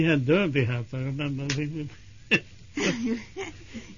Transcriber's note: he laughs